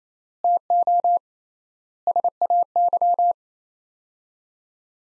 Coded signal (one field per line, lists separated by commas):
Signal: Morse code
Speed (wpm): 28 wpm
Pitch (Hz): 700 Hz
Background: none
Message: TO SAY